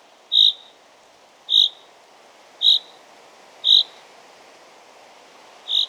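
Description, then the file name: Common chaffinch giving five crisp metallic call notes at uneven intervals of one to two seconds, with quiet steady background noise. "Fringilla coelebs"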